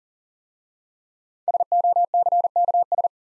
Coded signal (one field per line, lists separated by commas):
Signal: Morse code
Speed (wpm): 39 wpm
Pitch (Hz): 700 Hz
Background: none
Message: SOCKS